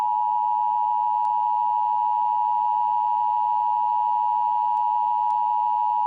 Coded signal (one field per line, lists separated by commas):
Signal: Emergency Alert System (SAME) tones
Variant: 853 and 960 Hz attention tone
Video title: EAS Scenario - The Hottest Day From Earth